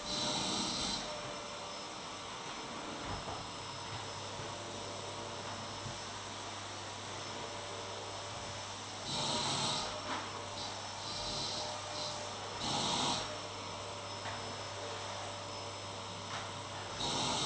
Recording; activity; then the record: daily activity, microphone in the room; vacuum cleaning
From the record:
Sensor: 3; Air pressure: 1007.7 hPa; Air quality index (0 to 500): 49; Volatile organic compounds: 1 ppm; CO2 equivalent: 576 ppm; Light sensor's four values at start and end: 9/20/8/8 and 9/21/8/8